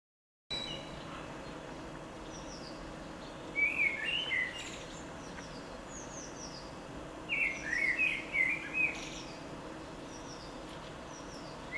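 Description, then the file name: Common blackbird singing two mellow fluted phrases, each a short run of whistled notes ending in softer twitters, about four seconds apart over steady background hiss. "Koltrast"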